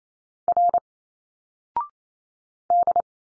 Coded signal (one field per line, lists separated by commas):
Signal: Morse code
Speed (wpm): 27 wpm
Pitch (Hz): 700 Hz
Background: none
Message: R D